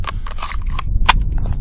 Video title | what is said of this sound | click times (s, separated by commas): CZ P-10 C Pistol - Maybe The Best 9mm Pistol I Have Ever Shot !!! | snaps right in there stays perfect fit | 1.1 s